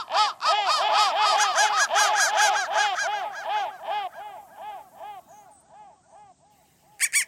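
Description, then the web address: Crow caws, a loud fast run of harsh calls slowing and softening into spaced, fainter caws before a sudden loud call at the end. "soundfactory crow"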